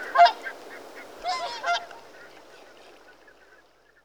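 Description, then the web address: Mute swan giving a loud nasal honk, then two shorter honking notes about a second later, fading into quiet background hiss. "The BBC Sound Effects Library. Mute Swan (Cygnus Olor) Calls"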